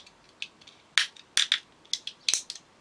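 Plastic model fuselage halves are squeezed together along the seam, one half pressing into the other, giving sharp crackling snaps with smaller ticks between them. Loud snaps land at 1.0, 1.4, 1.9 and 2.3 seconds as the halves click home. The fuselage ends up seated.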